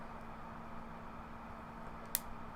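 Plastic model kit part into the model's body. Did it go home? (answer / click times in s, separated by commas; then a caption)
yes / 2.2 s. A plastic part of a Star Wars model kit is pressed into its socket in the model's body over a steady background hum with a low tone. A single sharp snap is heard at 2.2 s as the part pops into place, and it is seated.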